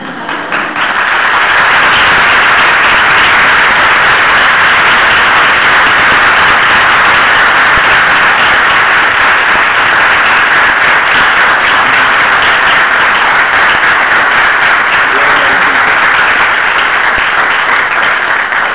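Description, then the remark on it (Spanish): Sustained audience applause at a psychology conference talk, a dense, steady wash of many hands clapping at constant loudness for the whole stretch, with no voices breaking through. “Bueno, qué lindo recibir aplausos.”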